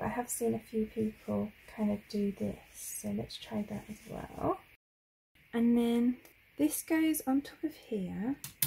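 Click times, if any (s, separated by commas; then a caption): none. Someone talks while handling the inked top piece of a letterpress platform, bringing it toward its base, with a brief silent pause near 5 seconds. The clip ends before the piece goes home, and nothing has seated or clicked into the base yet.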